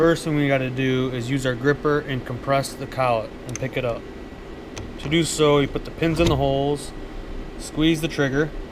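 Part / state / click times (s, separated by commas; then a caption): collet gripper locking onto a lathe collet / not seated / none. Someone talks while handling a collet gripper to pick up a steel collet for the chuck of a Doosan Lynx 220L lathe, putting the gripper's pins into the collet's holes and squeezing the trigger to compress it. Nothing has locked or seated yet; the collet is only being handled.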